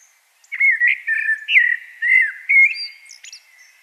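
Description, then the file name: Common blackbird pours out a string of rich, rounded whistled notes, rising and falling, finishing with a couple of high squeaks. "Turdus merula"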